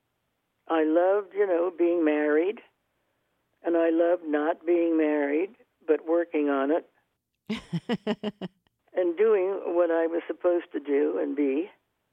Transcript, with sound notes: I loved, you know, being married and I loved not being married, but working on it.
(LAUGHTER)
And doing what I was supposed to do and be.